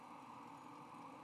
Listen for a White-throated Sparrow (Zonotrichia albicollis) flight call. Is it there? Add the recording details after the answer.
no. No flight call is heard. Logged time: 22:02 on 20 November 2014